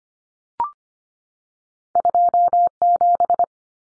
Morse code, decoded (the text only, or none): 27